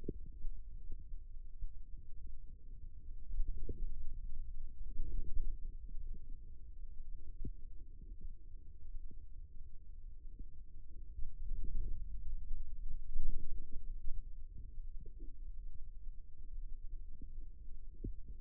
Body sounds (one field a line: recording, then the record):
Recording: forearm muscle sounds (acoustic myography)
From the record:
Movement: ulnar deviation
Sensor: system 2, bracelet of six BSWA MPA416 microphones around the upper forearm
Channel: 1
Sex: male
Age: 22 years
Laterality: right